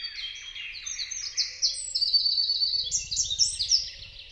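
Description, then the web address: Bird: continuous high chirps and short trills overlapping, with a faint low rumble in the background during the second half. "Deverinetal 2025. Bird Only"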